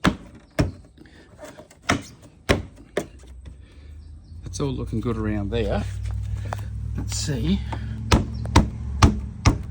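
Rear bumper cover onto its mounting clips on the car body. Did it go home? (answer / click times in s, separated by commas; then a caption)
yes / 9.5 s. During tow bar fitting on a BMW X3 F25, a plastic section of the rear bumper cover is pushed back onto its mounting clips on the car body while someone talks. A series of sharp knocks and thumps ends with a final snap at 9.5 s as the cover clips lock into place, fully seated.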